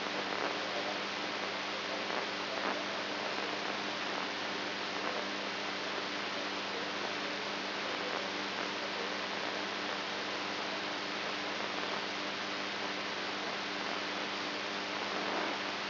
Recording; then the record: brain microelectrode recording played as sound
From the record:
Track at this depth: inside the subthalamic nucleus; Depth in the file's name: 3.518 mm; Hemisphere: right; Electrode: 2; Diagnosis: Parkinson's disease